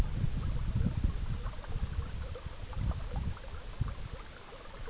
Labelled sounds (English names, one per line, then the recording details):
none
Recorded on Arctic tundra, site EABA-MC, on 19 June 2019
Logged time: 22:00